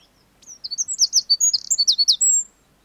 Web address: wren singing